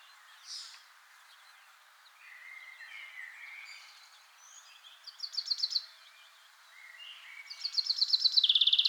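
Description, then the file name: Common chaffinch, a quick trilled phrase midway and a louder, slightly descending rattling trill at the end, with fainter scattered notes and steady background hiss. "Fringilla coelebs"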